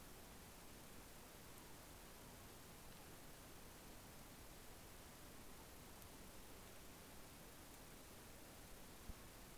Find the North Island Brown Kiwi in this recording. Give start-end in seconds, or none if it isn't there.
none